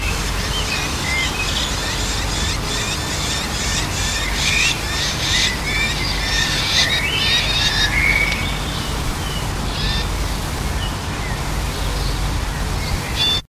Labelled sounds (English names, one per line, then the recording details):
Icterine Warbler call
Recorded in the wild
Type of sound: call
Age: diverse
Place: Hannover-Kirchrode, Niedersachsen, DE
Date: 1979-07-01
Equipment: Halbspur, 9,5 cm/s
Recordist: Lütgens, Hans
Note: Nestjunge gefüttert